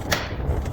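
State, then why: Seated. On a 2010 Audi S5 (B8), the gear lever gaiter surround is pushed into the centre console opening and clips in place. A sharp, bright click sounds at 0.1 s over a low, steady background rumble, with faint softer knocks after it. The gaiter is seated in the console.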